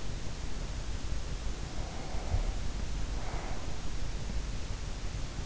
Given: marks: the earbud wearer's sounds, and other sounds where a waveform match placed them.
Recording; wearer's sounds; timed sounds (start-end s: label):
sounds in sleep by an in-ear microphone; breath
1.47-4.20 s: breath